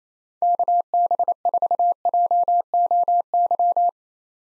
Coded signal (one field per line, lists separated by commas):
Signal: Morse code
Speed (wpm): 28 wpm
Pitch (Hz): 700 Hz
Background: none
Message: KB4JOY